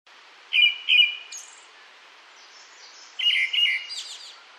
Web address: tickell s thrush call